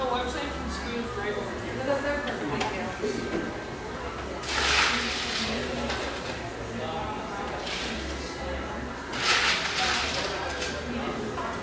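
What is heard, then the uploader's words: A café full of overlapping chatter, a dense steady murmur of many voices with no single speaker standing out. A low hum runs underneath throughout, and two bright hissing bursts rise around five and nine seconds, like steam or spray, each lasting about a second. Warm, firelit café in one of America's most popular ski towns.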